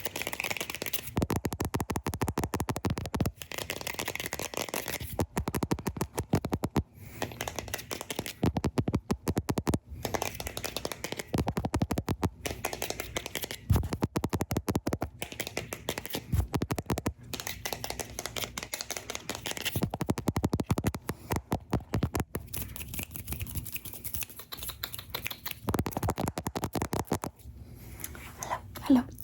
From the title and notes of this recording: ASMR Camera Tappies! (Tapping directly on the camera + your face).